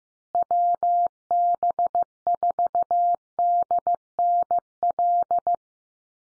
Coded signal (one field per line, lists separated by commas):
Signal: Morse code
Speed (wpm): 15 wpm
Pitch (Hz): 700 Hz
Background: none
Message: WB4DNL